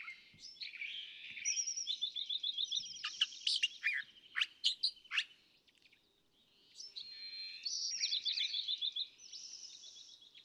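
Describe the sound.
California thrasher song: trilled and scratchy phrases, a short silence, then more warbled trills.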